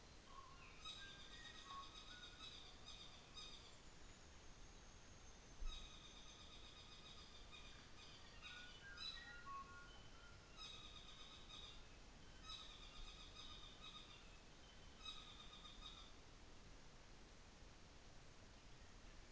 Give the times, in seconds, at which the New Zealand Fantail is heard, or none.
3.21-6.61